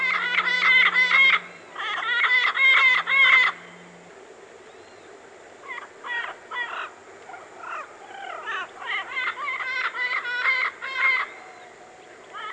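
Parrot calls: two loud runs of harsh, rapidly repeated squawks, then softer scattered chattering notes, with a faint low hum during the first few seconds.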